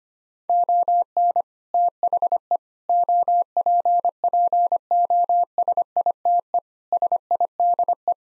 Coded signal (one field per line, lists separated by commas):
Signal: Morse code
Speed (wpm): 25 wpm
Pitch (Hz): 700 Hz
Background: none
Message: ON THE OPPOSITE SIDE